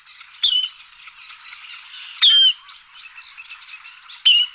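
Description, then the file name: Water rail giving three sharp, piercing calls that drop in pitch, about two seconds apart, over a steady buzzy chatter of softer calls. "Chrastal vodni Rallus aquaticus"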